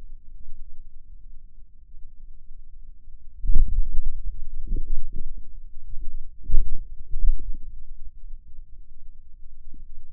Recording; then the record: forearm muscle sounds (acoustic myography)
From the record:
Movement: wrist flexion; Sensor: system 2, bracelet of six BSWA MPA416 microphones around the upper forearm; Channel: 5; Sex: male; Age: 22 years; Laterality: right